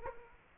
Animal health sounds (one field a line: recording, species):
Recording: mosquito wingbeat signal from an infrared sensor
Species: Aedes aegypti